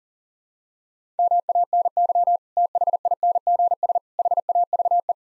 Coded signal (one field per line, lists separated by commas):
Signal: Morse code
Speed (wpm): 40 wpm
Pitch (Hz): 700 Hz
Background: none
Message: MANY THINGS HAVE